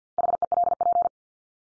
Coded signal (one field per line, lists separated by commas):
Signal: Morse code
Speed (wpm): 50 wpm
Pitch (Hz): 700 Hz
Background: none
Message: HELP